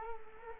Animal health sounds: mosquito wingbeat signal from an infrared sensor; Culex quinquefasciatus

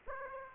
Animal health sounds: mosquito wingbeat signal from an infrared sensor; Aedes aegypti

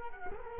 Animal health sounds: mosquito wingbeat signal from an infrared sensor; Culex quinquefasciatus

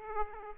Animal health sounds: mosquito wingbeat signal from an infrared sensor; Aedes aegypti

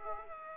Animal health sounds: mosquito wingbeat signal from an infrared sensor; Aedes aegypti

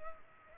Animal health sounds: mosquito wingbeat signal from an infrared sensor; Culex pipiens

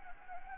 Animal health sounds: mosquito wingbeat signal from an infrared sensor; Anopheles gambiae

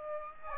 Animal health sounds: mosquito wingbeat signal from an infrared sensor; Aedes aegypti

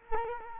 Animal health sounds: mosquito wingbeat signal from an infrared sensor; Culex quinquefasciatus

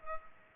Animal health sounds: mosquito wingbeat signal from an infrared sensor; Culex pipiens

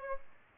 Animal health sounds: mosquito wingbeat signal from an infrared sensor; Aedes albopictus

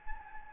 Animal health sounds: mosquito wingbeat signal from an infrared sensor; Anopheles gambiae

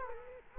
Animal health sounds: mosquito wingbeat signal from an infrared sensor; Culex quinquefasciatus

